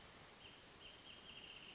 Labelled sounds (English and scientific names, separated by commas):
Wrentit (Chamaea fasciata)